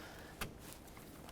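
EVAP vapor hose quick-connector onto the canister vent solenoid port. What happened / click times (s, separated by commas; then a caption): The hose quick-connector clicked home / 0.4 s. The plastic quick-connect fitting of the EVAP vapor hose is pressed onto the port of a new canister vent solenoid on a 2003-2021 Chevrolet Express 3500. A sharp click is heard at 0.4 s, followed by a faint tick at 0.7 s. The connector seats and is confirmed locked by a tug test.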